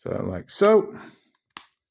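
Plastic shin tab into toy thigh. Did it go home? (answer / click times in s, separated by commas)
yes / 1.6 s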